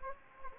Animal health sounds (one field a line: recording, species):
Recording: mosquito wingbeat signal from an infrared sensor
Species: Anopheles gambiae